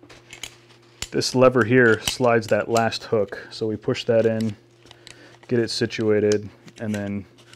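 A rear support bag is being fitted to a rifle stock with a hook-and-lever mount: the back hooks are already on, and a lever is pushed to slide the last hook in while someone talks. Light handling taps and ticks are heard near the start, around 4.9–5.1 seconds and at the very end. Nothing has seated or clicked into place yet.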